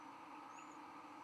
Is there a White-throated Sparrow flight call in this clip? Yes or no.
no